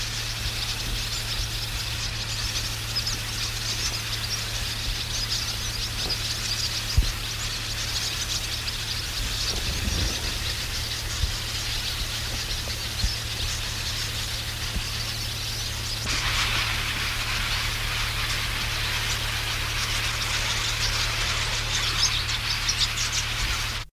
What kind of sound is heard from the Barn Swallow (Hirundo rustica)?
call